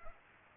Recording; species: mosquito wingbeat signal from an infrared sensor; Aedes aegypti